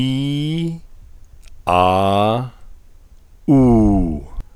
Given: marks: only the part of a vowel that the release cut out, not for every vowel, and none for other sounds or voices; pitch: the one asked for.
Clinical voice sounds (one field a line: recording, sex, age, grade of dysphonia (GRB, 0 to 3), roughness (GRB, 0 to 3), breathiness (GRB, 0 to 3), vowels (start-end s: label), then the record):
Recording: sustained vowels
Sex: male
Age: 60 to 69 years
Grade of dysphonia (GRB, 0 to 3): 2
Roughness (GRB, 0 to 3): 2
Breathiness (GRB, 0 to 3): 0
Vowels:
0.00-0.65 s: vowel /i/, normal pitch
1.72-2.34 s: vowel /a/, normal pitch
3.53-4.08 s: vowel /u/, normal pitch
From the record:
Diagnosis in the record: functional dysphonia, contact pachydermia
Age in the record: 66 years